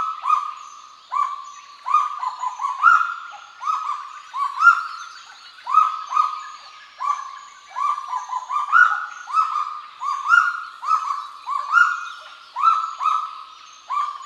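Kagu giving a long run of steady, ringing tonal calls, each note held briefly and repeated roughly every half second to second, with small rises in pitch.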